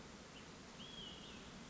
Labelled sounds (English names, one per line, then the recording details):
Olive-sided Flycatcher
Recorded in Sonoma County, California